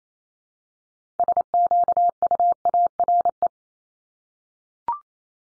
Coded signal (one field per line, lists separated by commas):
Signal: Morse code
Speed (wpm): 28 wpm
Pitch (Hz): 700 Hz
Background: none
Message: SQUARE